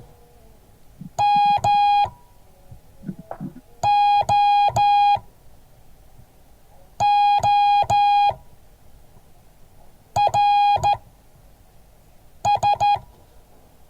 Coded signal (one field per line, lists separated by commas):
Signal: Morse code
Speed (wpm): 13 wpm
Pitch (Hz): 820 Hz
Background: music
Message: MOORS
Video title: Morse code class 2023-01-11